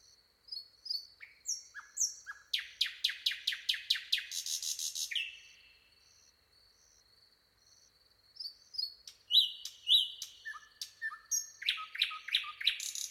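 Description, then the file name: Common nightingale song: whistled notes building into a long fast series of loud repeated chips, a quiet gap, then more whistles and chips. "Luscinia megarhynchos"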